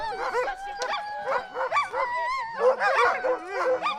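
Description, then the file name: Sled dogs howling together, long wavering tones layered with short yelping barks throughout. "Storm Kloud Sled Dogs"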